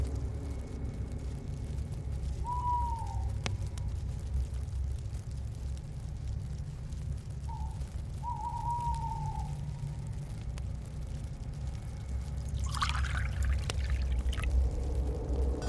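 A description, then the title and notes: A dark chamber ambience built on a deep, steady rumble that fills the low end throughout. Faint tonal sweeps rise and fall near 3 and 8 seconds, and a brighter rustling flutter appears around 13 seconds over an airy hiss. The evil queen's chamber ambience.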